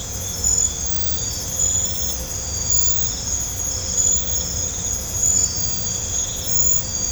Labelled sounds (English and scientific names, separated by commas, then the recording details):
none
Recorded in pastures near Puerto Asís, Putumayo, Colombia, on 18 December 2024 at 00:00
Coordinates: 0.502, -76.324
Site G077